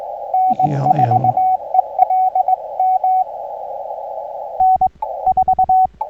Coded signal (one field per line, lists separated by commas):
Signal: Morse code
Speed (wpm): 21 wpm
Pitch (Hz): 750 Hz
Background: speech, radio noise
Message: N4ELM N4